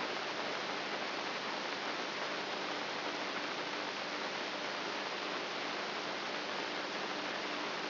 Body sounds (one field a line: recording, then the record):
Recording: brain microelectrode recording played as sound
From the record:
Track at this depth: inside the subthalamic nucleus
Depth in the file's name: 0.441 mm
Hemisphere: right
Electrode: 3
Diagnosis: Parkinson's disease